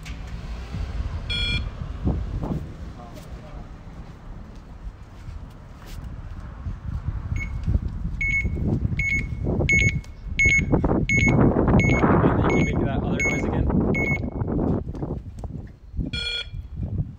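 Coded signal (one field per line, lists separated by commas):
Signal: alarm pattern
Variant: USPS mail truck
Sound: steady repeating short high beeps, about two per second, over engine and street noise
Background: vehicle engine, street noise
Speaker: my dog goes crazy with noises the mail truck I'm hoping to try and record the beeping that you do on my phone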